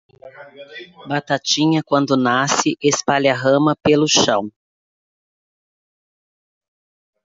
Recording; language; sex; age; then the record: short text; Brazilian Portuguese; female; 50 to 59 years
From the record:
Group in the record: control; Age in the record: 52 years